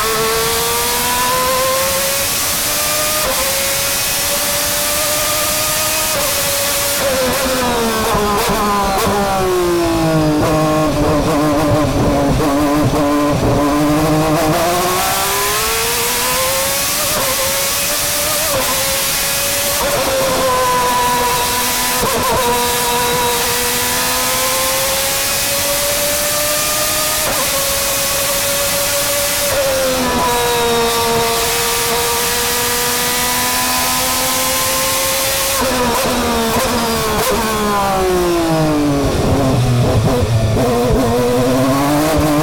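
A V12 engine roars from inside the car at Sonoma, its pitch sweeping up through the gears and dropping sharply at each shift. Hard braking dips come near 8, 15, 28 and 36 seconds. A constant hiss of wind and road noise runs throughout.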